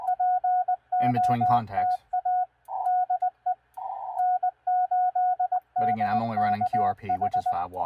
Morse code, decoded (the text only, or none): POTA DE N8DKH